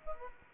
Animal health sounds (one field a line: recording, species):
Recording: mosquito wingbeat signal from an infrared sensor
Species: Culex quinquefasciatus